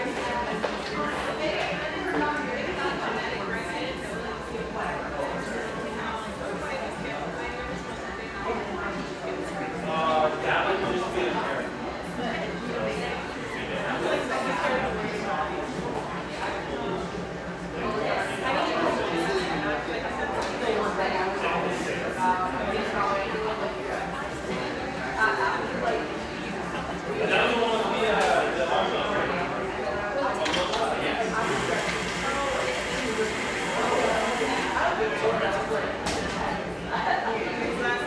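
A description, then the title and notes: Many voices talk over one another in Portland's Pearl District, a dense, steady murmur of conversation with no single speaker standing out for long. A low, even hum runs underneath, and around the 28 to 33 second mark some brighter clatter rises briefly above the talk. Pearl District, Portland, Oregon.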